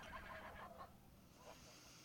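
A goose gives a quick run of nasal, harmonic honks for under a second, then one more short honk follows after a pause, all fairly quiet over a low background rumble.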